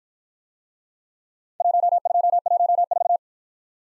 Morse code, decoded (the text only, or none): 1214